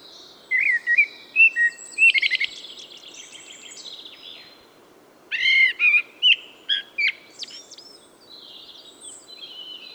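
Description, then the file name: Common blackbird singing two bursts of mellow whistled notes, each trailing into high scratchy twitters, separated by a short quiet gap. "Turdus merula"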